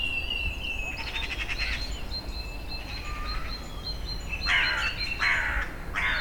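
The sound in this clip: Birds calling, steady thin whistles and short repeated notes, then harsh buzzy bursts near the end, over a constant low rumbling background noise.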